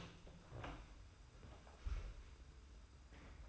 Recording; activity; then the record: daily activity, microphone in the room; open door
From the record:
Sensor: 2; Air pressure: 991.5 hPa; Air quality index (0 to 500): 151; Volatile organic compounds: 454 ppm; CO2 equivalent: 4756 ppm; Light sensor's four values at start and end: 31/94/37/34 and 31/94/37/34